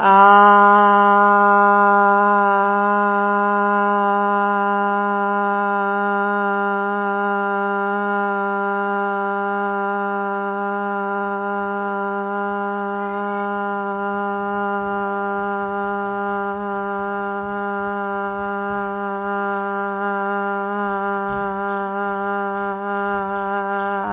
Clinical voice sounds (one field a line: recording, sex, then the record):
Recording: sustained vowel /a/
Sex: female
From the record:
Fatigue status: fatigue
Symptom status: symptomatic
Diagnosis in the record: COVID-19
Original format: 3gp